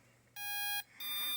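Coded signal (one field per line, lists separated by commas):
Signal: beep code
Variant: drone ESC startup tones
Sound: two buzzy electronic beeps, the second higher-pitched and cut off at the end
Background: low electrical hum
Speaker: it does that beeping, but with an FC on it, it just keeps restarting over and over.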